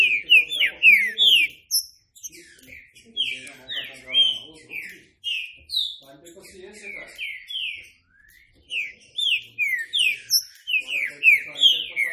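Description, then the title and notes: Green-winged saltator song: loud whistled notes, each slurring downward, given in quick bursts with brief pauses, over softer lower chattering in the background. Classic song style (canto clássico), used for training. "Canto Clássico Trinca Ferro TREINAMENTO. trinca fero"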